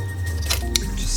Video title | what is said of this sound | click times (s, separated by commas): How To Fix a Convertible Top Micro Switch on a BMW Z3 M Roadster | Just kind of snaps into place. | 0.8 s